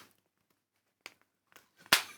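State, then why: Seated. A snap fastener part is pressed into bag fabric stretched over the top of it, with a few faint taps and rustles before it. It snaps home with a loud, sharp click at 1.9 s and is seated.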